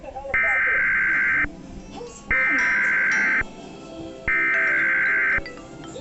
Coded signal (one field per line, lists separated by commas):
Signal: Emergency Alert System (SAME) tones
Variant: header bursts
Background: speech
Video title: Youtube EAS